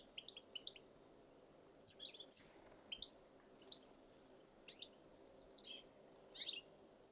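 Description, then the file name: European goldfinch calls, scattered short twittering high notes, with a louder burst of tinkling chirps near the end. "Carduelis carduelis"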